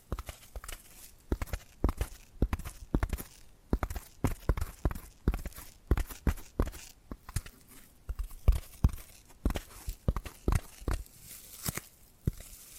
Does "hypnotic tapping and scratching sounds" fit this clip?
yes